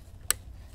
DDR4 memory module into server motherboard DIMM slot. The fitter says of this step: that click you hear it on both sides